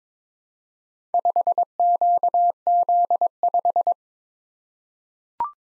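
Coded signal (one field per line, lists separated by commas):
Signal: Morse code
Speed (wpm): 22 wpm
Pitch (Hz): 700 Hz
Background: none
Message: 5QZ5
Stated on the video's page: Morse practice set at 22 wpm: random four-character letter-number groups, each sent, then spoken, then sent again.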